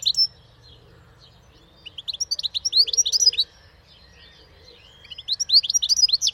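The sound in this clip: Bird calls: quick bursts of high, sharp chirps and short twittering runs, separated by quiet spells.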